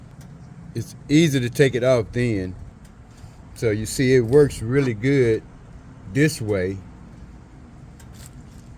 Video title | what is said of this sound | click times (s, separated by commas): Kick Stand Repair and “Mod”. #motorcyclevideos | but when I put it back this way you know it just it won't snap back up | none